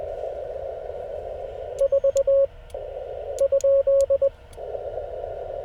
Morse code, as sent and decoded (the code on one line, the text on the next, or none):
....- / ..--..
4 ?